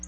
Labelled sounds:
Black-throated Blue Warbler flight call

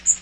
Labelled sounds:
Magnolia Warbler flight call

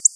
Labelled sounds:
Black-throated Blue Warbler flight call

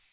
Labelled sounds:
Magnolia Warbler flight call

